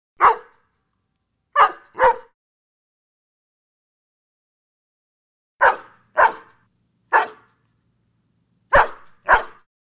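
Large dog barking in short bursts: single barks and quick pairs, sharp and gruff, separated by a long silent gap.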